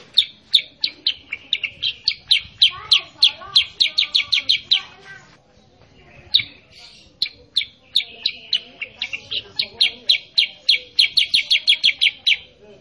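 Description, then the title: Sooty-headed bulbul song: long bursts of rapid, bright, high-pitched chirps repeated several times a second, broken by one short lull before the chattering series resumes. Masteran training recording for cage birds, intended to make untrained sooty-headed bulbuls respond and sing vigorously (gacor). "Masteran Kutilang Sutra. MASTERAN BURUNG KUTILANG SUTRA BIKIN KUTILANG SUTRA BAHAN LANGSUNG RESPON BUNYI GACOR"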